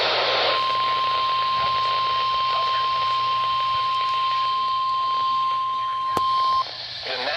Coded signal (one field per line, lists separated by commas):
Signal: Emergency Alert System (SAME) tones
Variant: 1050 Hz attention tone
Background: speech